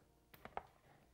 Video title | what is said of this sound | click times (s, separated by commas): How To Install a Tusk Front Camera Kit for Polaris Ride Command | press it in until it clicks | 0.6 s